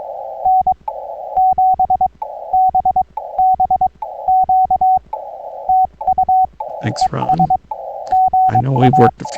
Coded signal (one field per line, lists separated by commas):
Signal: Morse code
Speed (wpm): 21 wpm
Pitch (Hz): 750 Hz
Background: speech, radio noise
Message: N7BBQ TU ES GA